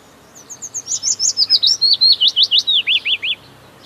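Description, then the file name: Willow warbler song opening with faint high notes that swell into a clear, descending series of sweet slurred whistles, ending in a few lower trailing notes. "Piecuszek"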